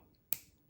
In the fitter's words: and then while you're closing it up you definitely want to look out to hear a little click